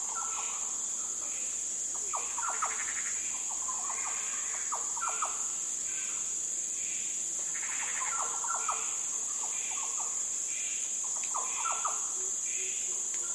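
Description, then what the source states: Yellow oriole song, a series of clear fluty whistles in clustered phrases repeating every few seconds, over a constant shrill background hum. Yellow orioles giving fluty sounds.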